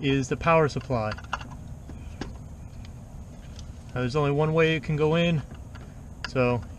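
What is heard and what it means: Someone talks while handling the power supply plug, a plastic connector that only fits one way, at the headlight ballast of a BMW 3 Series. A few faint, sharp handling ticks sound in the pause between speech, around 2.2, 2.9 and 3.6 seconds. Nothing has seated or clicked yet.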